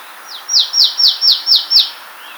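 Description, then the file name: Marsh tit giving a quick run of sharp, downslurred high notes, evenly spaced, over a faint steady background hiss. "Poecile palustris"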